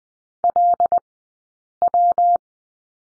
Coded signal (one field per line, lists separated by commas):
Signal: Morse code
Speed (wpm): 20 wpm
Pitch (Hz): 700 Hz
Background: none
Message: LW